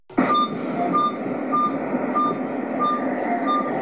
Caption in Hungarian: Ez a lélegeztetőgép hangja az intenzív osztályon.